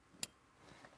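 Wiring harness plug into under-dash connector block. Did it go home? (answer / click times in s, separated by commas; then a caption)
yes / 0.2 s. A wiring loom connector is pushed into the connector block under the dash, behind the OBD port. It gives one sharp plastic click at 0.2 s and seats positively locked in, followed by a faint minor tick near 0.8 s against quiet background.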